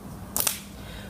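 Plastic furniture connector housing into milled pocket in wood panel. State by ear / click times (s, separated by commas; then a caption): seated / 0.4 s, 0.5 s. A plastic furniture connector housing is pushed by hand into a milled slot in a wooden face frame panel, where it snaps into place to form a dovetail lock. A quick double click is heard at 0.4 s and 0.5 s, and the housing is seated.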